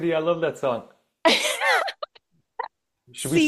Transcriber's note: laughs